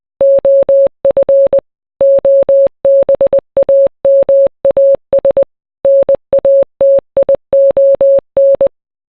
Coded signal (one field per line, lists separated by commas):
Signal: Morse code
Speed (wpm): 20 wpm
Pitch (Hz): 550 Hz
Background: none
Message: OF OBAMAS NATION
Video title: Kanye West - Power (MORSE CODE VERSION)